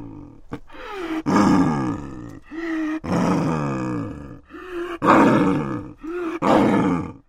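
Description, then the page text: Snow leopard giving several long, harsh, rasping growls and roars in drawn-out bursts separated by brief gaps. Aggressive. "Звуки Снежного барса. ЗВУКОДАР"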